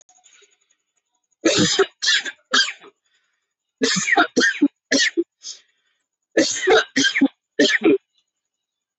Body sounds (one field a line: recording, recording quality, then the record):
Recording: heavy voluntary cough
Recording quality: moderate, slight background noise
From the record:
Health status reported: healthy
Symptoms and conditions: hypertension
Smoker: not ticked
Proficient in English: yes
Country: India